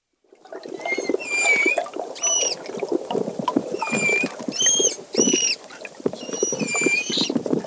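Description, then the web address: West Indian manatee squeaks: short, high, harmonic chirps, some bending slightly, given in loose bursts every second or so over a steady crackling background. "Natures Songs S America Mammals of the Rainforest West Indian Manatee"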